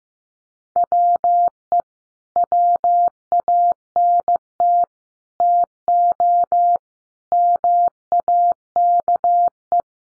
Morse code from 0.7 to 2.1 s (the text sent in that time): WE